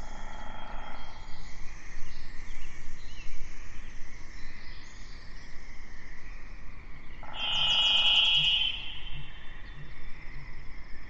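An outdoor nature scene hums with a steady bed of insect and cricket chirring, thick and constant throughout. Bird calls come and go in high, thin phrases, and around eight seconds a bright, rapid trill stands out for about two seconds before fading.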